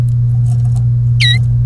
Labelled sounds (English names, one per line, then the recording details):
Domestic Canary song
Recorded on 30 April 2018 at 15:35
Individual llb3